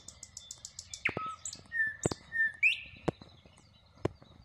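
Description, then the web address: Common nightingale song: a rapid run of high ticking notes, then fluid whistles and rising and falling slurred notes with sharp clicks. "rossignol ordinaire chant du rossignol"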